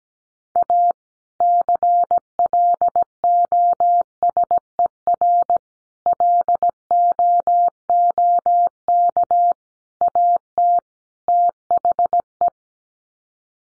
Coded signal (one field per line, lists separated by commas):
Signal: Morse code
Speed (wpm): 17 wpm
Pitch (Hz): 700 Hz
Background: none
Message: A CLOSER LOOK AT THE